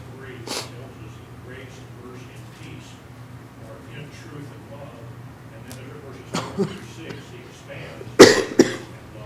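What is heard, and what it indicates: Several short, sharp cough bursts from an adult, with faint conversation in a small room behind them.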